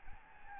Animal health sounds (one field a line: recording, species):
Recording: mosquito wingbeat signal from an infrared sensor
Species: Aedes albopictus